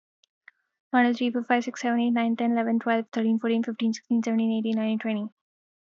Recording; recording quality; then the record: counting at a fast pace; excellent, no background noise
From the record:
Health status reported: healthy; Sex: female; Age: 23 years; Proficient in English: yes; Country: India